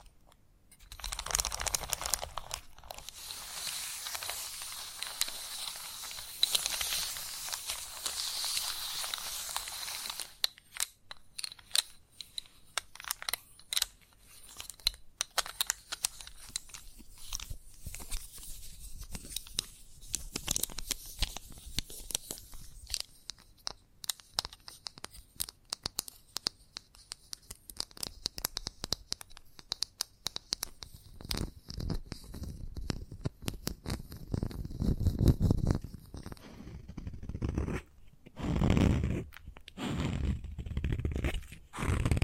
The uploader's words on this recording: ASMR The Best Kind of Chalk Sounds Tapping, Scratching, Carving etc (No Talking).